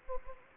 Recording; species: mosquito wingbeat signal from an infrared sensor; Anopheles gambiae